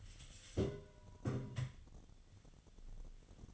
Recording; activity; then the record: daily activity, microphone in the room; take from stove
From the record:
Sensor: 4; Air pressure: 1010.8 hPa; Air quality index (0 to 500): 169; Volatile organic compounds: 5 ppm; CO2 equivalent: 1720 ppm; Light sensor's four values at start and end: 39/112/45/46 and 39/112/45/46